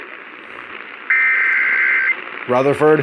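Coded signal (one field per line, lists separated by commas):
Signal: Emergency Alert System (SAME) tones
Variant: header bursts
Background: speech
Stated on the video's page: Compilation of real EAS alerts, mostly tornado warnings.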